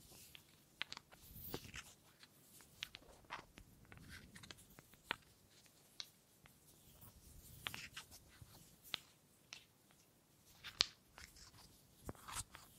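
Wood triggers: sharp, dry taps and clicks land irregularly every half second or so, some crisp and bright, others softer. Between them runs a quiet, scratchy rustle, with a few louder snaps standing out near the eleven-second mark.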